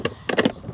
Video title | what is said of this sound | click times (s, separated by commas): Warwick Handover Video | and when you are putting it back and make sure you hit a good click | 0.3 s